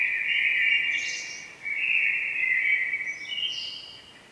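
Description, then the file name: Common blackbird uttering two long, strained notes back to back, with a brief break between them and higher overtones flickering above, over soft hiss. "Turdus merula"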